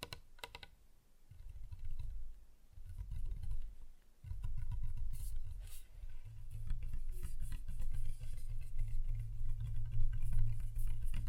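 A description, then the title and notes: Tapping on different surfaces, with quick irregular clicks that sound like typing on a keyboard. The taps come in dense bursts, some crisp and bright, others duller, over a low rumbling hum that drops out around the first and fourth seconds before returning steadily. ASMR Just Tapping (Different Surfaces No Talking).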